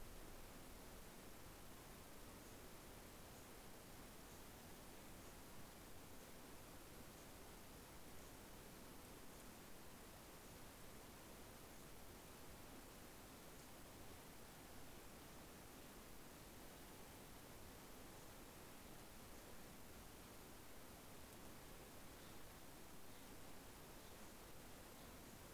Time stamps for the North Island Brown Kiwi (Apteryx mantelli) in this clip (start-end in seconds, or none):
none